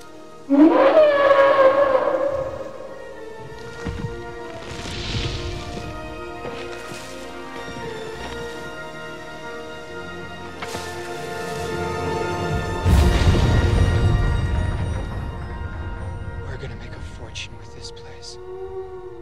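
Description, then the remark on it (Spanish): A movie dinosaur's call: a loud, tonal, whale-like moan rich in harmonics opens, followed by wavering groans, a deep rumbling bellow midway, and faint high squeals at the end. “Pues yo aquí he escuchado una ballena, un perro acobardado y un elefante.”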